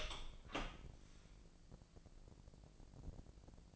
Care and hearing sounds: daily activity, microphone in the room; open door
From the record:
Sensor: 5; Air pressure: 1012.4 hPa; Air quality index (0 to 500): 160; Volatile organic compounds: 2 ppm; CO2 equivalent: 1089 ppm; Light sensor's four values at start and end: 186/451/189/207 and 193/467/195/214

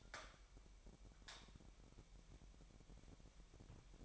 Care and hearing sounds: daily activity, microphone in the room; light on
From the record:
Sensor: 1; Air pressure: 1012.0 hPa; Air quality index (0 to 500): 236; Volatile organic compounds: 6 ppm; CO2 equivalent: 1881 ppm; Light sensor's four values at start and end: 15/35/15/17 and 18/50/20/22

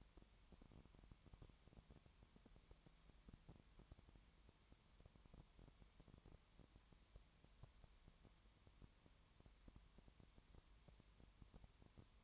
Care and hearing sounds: daily activity, microphone in the room; no activity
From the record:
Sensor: 3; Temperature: 20.5 degrees Celsius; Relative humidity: 32.9%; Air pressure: 1003.2 hPa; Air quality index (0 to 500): 105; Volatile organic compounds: 2 ppm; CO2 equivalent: 1068 ppm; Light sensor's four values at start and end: 2/3/2/2 and 2/3/2/2

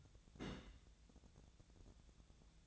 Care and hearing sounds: daily activity, microphone in the room; place on stove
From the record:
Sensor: 3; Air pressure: 1000.0 hPa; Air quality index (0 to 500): 127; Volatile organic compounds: 2 ppm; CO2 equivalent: 1140 ppm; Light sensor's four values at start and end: 40/102/44/48 and 40/102/44/48

